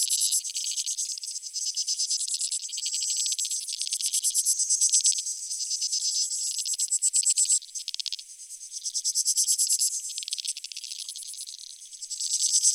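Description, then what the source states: Insects producing a continuous high, pulsing buzz in overlapping waves, the chorus dipping briefly near the end before rising again. Creek insects; field recording made in Australia or Portugal during 2011 for a collaborative soundwork; some recordings processed, others unaltered.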